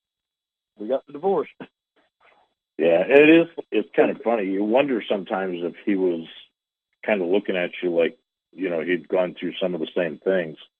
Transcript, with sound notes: we got the divorce.
(laughs)
Yeah. It is, it's kinda funny.
(laughs)
You wonder sometimes if he was kinda looking at you like, you know, he'd gone through some of the same things.